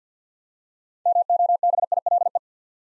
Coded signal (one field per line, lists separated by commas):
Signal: Morse code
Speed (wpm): 52 wpm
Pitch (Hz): 700 Hz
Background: none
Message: MOBILE